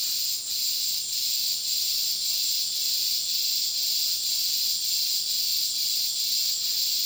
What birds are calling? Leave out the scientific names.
none